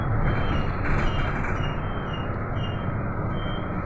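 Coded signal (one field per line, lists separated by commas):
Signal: none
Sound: bus reversing beeps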